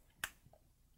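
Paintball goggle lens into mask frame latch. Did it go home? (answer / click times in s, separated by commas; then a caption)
yes / 0.2 s. A Dye i4 paintball goggle lens is seated into the mask frame: its hook is engaged in the square opening and the strap is pulled back until the lens retention latch snaps closed. A single sharp, bright click sounds at 0.2 seconds, followed by a couple of faint soft ticks against quiet background. The latch clicks home and the lens is seated.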